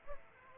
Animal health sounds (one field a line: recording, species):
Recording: mosquito wingbeat signal from an infrared sensor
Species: Aedes aegypti